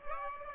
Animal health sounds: mosquito wingbeat signal from an infrared sensor; Aedes aegypti

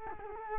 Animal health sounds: mosquito wingbeat signal from an infrared sensor; Culex quinquefasciatus

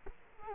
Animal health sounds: mosquito wingbeat signal from an infrared sensor; Culex quinquefasciatus

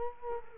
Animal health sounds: mosquito wingbeat signal from an infrared sensor; Culex quinquefasciatus

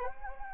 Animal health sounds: mosquito wingbeat signal from an infrared sensor; Anopheles gambiae

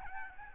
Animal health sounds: mosquito wingbeat signal from an infrared sensor; Aedes albopictus

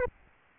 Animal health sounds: mosquito wingbeat signal from an infrared sensor; Anopheles arabiensis

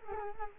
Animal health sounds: mosquito wingbeat signal from an infrared sensor; Culex quinquefasciatus

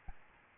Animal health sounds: mosquito wingbeat signal from an infrared sensor; Aedes albopictus

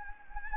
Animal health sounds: mosquito wingbeat signal from an infrared sensor; Anopheles gambiae

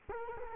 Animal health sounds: mosquito wingbeat signal from an infrared sensor; Culex quinquefasciatus

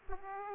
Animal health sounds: mosquito wingbeat signal from an infrared sensor; Aedes aegypti

